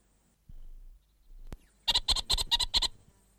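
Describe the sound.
Orange-fronted parakeet giving a quick series of several sharp, chattering notes after a couple of soft knocks.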